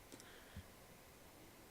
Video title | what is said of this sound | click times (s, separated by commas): ProClip Jeep Wrangler JK Extra Strength Mount | when you go to clip it in you'll hear it click giving | 0.1 s, 0.2 s